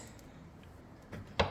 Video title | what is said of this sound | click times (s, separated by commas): 2024 Road Glide Amazon Mods: Do They Actually Last? Long Term Review | And you can hear that snap when you snap it up. | 1.4 s